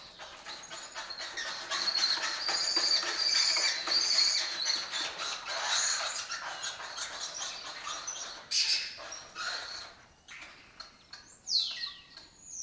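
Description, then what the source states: Lesser kestrels in a dense, continuous chatter of rapid, rasping, high notes, thinning out toward the end with a few separate calls. Colony of migratory lesser kestrels occupying an abandoned building or house complex in Doñana, in their southern European breeding area; they forage in West Africa.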